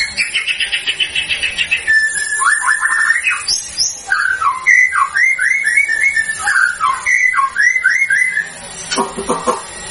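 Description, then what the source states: White-rumped shama song: varied whistled phrases, some rising and some falling, over steady background hiss. Lure sound of a white-rumped shama in full, active song (gacor), used to provoke an immediate response from other birds.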